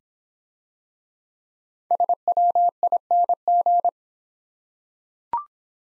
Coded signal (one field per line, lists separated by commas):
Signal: Morse code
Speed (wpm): 26 wpm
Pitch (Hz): 700 Hz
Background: none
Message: SWING